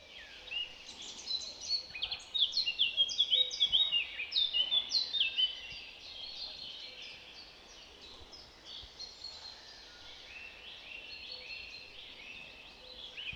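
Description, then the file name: Eurasian blackcap singing a rapid, varied warble for about five seconds, then quieter broken notes continue faintly against low background hiss. "Sylvia atricapilla"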